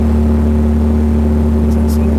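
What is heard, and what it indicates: Steady low-pitched droning hum with a faint higher tone, a simulated tinnitus sound played through an amplifier and speakers.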